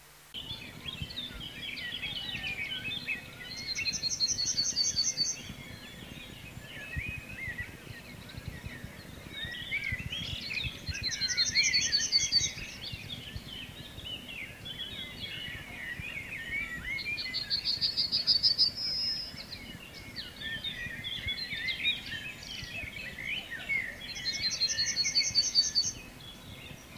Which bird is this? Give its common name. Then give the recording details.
Yellowhammer. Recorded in the wild. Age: adult. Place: Schielleiten, AT. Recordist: Brunner, Thomas